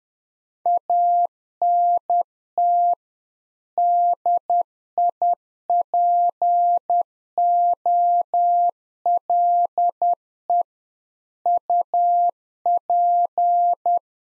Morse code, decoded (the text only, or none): ANT DIPOLE UP